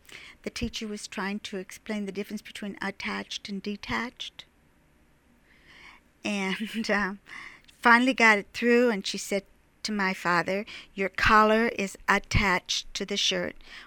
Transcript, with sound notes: the teacher was trying to explain the difference between attached and detached, and (she laughs) finally got it through and she said to my father, "Your collar is attached to the shirt."